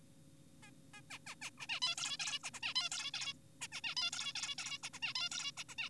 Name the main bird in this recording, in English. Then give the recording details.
Zebra Finch. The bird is an adult. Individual g4p5U